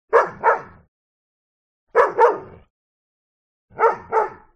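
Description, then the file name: Dog barking in three quick pairs, each double bark short and sharp, the pairs spaced roughly two seconds apart with silence between. A dog barking twice in succession. "smartsound ANIMAL DOG Bark Twice"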